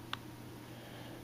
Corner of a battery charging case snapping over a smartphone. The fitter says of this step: gap already closed this one's open you'll hear it snap that's